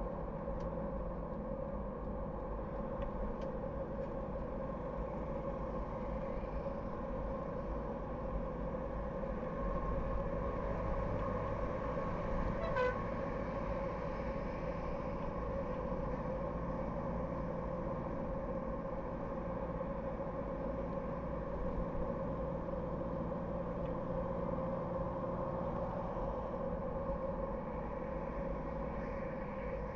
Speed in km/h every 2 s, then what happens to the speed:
60, 56, 56, 57, 57, 58, 59, 59, 59, 60, 60, 60, 61, 62, 56.
0-30 steady at about 59.